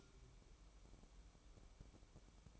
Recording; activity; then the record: daily activity, microphone in the room; light on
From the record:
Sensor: 1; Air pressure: 1007.9 hPa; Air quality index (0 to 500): 122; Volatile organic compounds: 2 ppm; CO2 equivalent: 1028 ppm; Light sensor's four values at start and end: 11/25/10/12 and 21/63/25/26